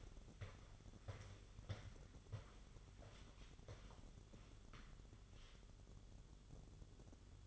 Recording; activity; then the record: daily activity, microphone in the room; walk to room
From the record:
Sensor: 4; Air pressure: 1009.0 hPa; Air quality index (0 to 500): 142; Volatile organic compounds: 2 ppm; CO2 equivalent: 1028 ppm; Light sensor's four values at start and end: 13/29/11/11 and 14/31/12/12